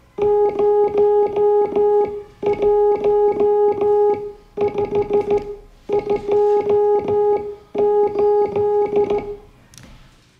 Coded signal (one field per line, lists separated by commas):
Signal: Morse code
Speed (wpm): 14 wpm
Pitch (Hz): 410 Hz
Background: music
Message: 01528